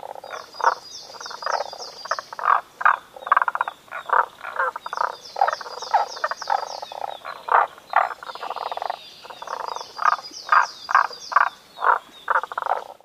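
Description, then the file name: Frogs croaking in a dense chorus of short, rapid pulsed calls, about two per second, overlapping with a repeated higher rattling trill from other callers every few seconds. "kaeru"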